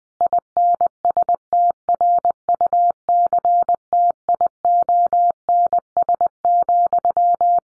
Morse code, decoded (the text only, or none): INSTRUCTIONS,